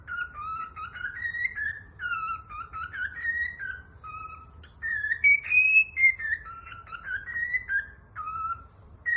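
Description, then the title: Cockatiel whistled song, a run of clear tonal notes between mid and high pitch, rising and falling in short phrases with brief pauses. "Calopsitas Cantando Assobio"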